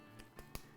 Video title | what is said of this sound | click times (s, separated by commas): AR500 Testudo Lite, Unboxing with Ryan Gass | there's what you don't see is when this is weaving through and it comes back down it's going to feed into here and it's going to click | 0.5 s